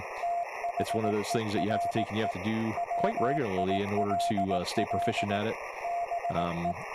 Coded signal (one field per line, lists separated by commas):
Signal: Morse code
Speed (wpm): 18 wpm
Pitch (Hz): 690 Hz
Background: speech, radio noise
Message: THERE WILL BE